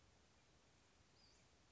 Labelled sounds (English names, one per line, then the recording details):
Western Flycatcher
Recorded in Sonoma County, California